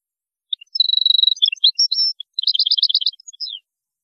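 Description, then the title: European goldfinch song: a sustained rapid trill, then a tinkling jumble of high notes, then a fast run of repeated liquid notes ending in a descending slur. "Chant Chardonneret"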